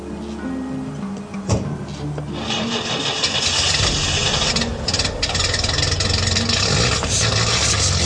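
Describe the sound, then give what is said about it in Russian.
A car door thuds shut, then a Volga car's engine starts and runs with a steady, broad rumble that grows slightly louder as a couple drive away from an airport training centre. No one speaks. “Пара села в автомобиль и уехала.”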